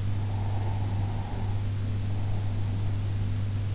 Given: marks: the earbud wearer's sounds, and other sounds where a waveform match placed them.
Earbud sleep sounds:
sounds in sleep by an in-ear microphone; breath
0.11-3.02 s: breath

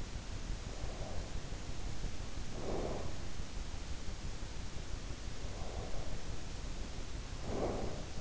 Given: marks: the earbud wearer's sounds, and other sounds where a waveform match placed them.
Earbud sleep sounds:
sounds in sleep by an in-ear microphone; breath
0.76-3.39 s: breath
5.40-8.21 s: breath

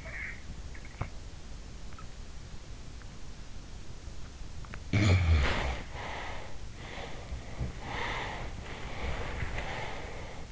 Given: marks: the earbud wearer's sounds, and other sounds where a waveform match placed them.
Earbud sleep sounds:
sounds in sleep by an in-ear microphone; snoring breath, body movement, breath
0.00-1.11 s: snoring breath
4.87-6.62 s: snoring breath
5.27-5.84 s: body movement
6.77-8.57 s: snoring breath
8.71-10.52 s: breath

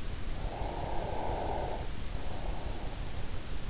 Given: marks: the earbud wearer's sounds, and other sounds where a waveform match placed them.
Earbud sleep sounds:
sounds in sleep by an in-ear microphone; breath
0.23-3.03 s: breath

